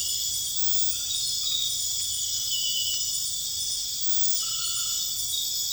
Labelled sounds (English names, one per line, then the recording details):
none
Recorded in dense forest near Puerto Asís, Putumayo, Colombia, on 9 March 2025 at 02:00
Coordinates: 0.484, -76.325
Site G045